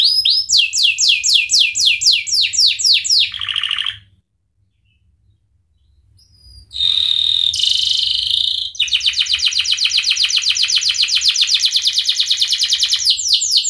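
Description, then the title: Atlantic canary song: runs of rapid downslurred whistled notes, a brief buzzy phrase, a pause of silence, a harsh buzzy burst, then a long fast rattling trill. Indonesian kicaumania songbird hobby; canary described as gacor (singing energetically) with its best cengkok (song ornamentation) and richest isian (fill-in phrases). "Kenari Gacor Cengkok Terbaik Isian Paling Mewah Kenarigacor Kicaumania Kenari"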